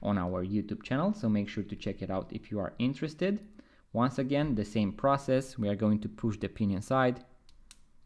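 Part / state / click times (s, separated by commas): spring bar with leather strap into watch case lug hole / seated / 7.7 s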